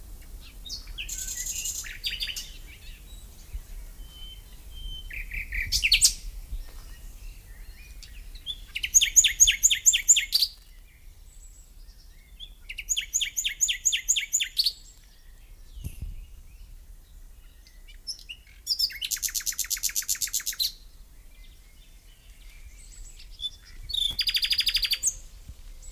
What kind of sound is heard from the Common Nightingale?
song